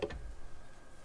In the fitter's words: Jetzt sieht man, dass das auch ganz einfach einrastet von alleine und festhält.